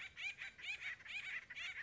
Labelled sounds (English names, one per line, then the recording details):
Acorn Woodpecker
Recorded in Sonoma County, California